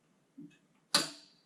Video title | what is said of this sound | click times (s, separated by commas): Westcan's Premium Steel Shelving installation in a GMC and Chevy Van. | when it goes on you will actually feel and hear it snap into the hole | 0.9 s